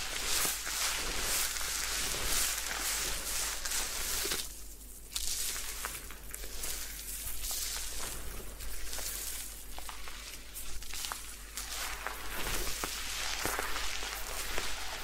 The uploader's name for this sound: Head Spa Hair Wash, Massage, Ear Cleaning